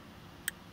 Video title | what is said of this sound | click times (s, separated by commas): NF 4200 Install Video Part 3 - Ribbon Cable | and snaps into place like so all right so my antenna connection is now complete | 0.5 s